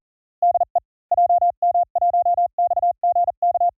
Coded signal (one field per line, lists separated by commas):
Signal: Morse code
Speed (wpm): 40 wpm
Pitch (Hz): 700 Hz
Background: none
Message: DE JM1XGK